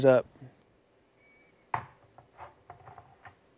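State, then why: Seated. Someone talks briefly, then an Atlas 40V tool battery pack from the Harbor Freight Atlas 40V 16" chainsaw is slid onto its charger and locks in place with a sharp click at 1.7 s. A few fainter clicks and rattles follow, and the pack is seated firmly in the charger.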